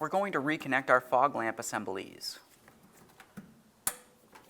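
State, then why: Seated. Someone talks, then plugs a wiring harness connector back into the fog lamp assembly of a 2009-2019 Ford Flex from underneath the vehicle. A few faint ticks follow, then a single sharp click at 3.9 s as the connector seats.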